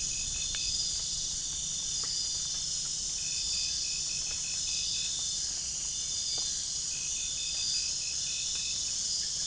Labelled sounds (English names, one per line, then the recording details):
none
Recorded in pastures near Puerto Asís, Putumayo, Colombia, on 25 June 2025 at 01:30
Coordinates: 0.466, -76.322
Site GP07